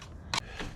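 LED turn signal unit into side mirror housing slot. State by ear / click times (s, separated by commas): seated / 0.3 s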